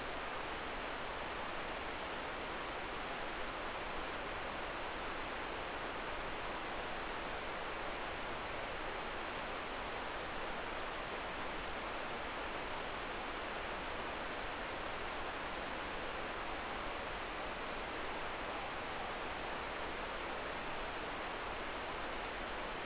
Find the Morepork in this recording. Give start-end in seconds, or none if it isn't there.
none